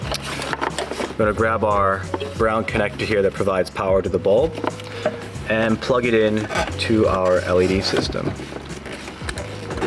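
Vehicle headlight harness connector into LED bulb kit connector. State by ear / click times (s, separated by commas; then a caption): not seated / none. Someone talks while handling the brown plastic power connector from the harness of a 1997-2004 Lexus GS, which supplies power to the bulb, and lines it up with the LED headlight kit's connector to test the system. A few short handling knocks come near the start and again near the end. The connector has not seated or clicked yet, and its black locking tab has not gone over the catch.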